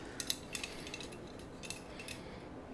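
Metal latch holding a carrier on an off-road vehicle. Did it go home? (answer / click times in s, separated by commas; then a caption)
no / none. The original metal latch holding a carrier or mount on a Jeep is worked by hand, giving sharp metallic clinks at about 0.2, 0.3, 0.6 and 0.9 seconds and again at 1.7 seconds. The latch is encrusted with rust and salt, so it fails to catch and nothing has latched.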